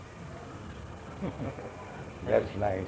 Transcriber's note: laughs